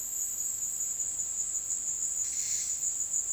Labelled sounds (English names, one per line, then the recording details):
none
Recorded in secondary vegetation near Puerto Asís, Putumayo, Colombia, on 19 February 2024 at 16:30
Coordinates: 0.468, -76.324
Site G6381